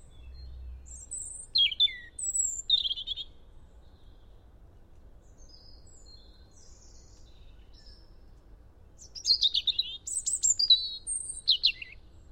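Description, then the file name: European robin song in two separate bursts of high, sweet, trilled notes, with several seconds of quiet between them. "Erithacus rubecula"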